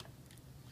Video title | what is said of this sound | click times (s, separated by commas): Power Rangers Dino Charge Dino Charge Megazord Review | just click into place we put in straight | 0.3 s, 0.4 s